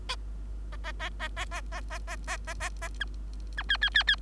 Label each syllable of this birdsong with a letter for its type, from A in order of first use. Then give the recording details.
A A A A A A A A A A A A A B B C C C C. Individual Bird3